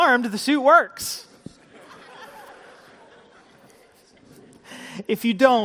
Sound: laughter!